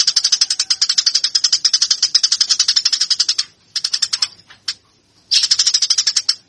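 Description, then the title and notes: Eurasian tree sparrow chattering: a long run of harsh, rapid chirps, then two brief shorter bursts and a final fast burst, with no other sounds. Fighting-style (tarung) sparrow, on a master (training) recording for songbirds. "GEREJA TARUNG. burung gereja"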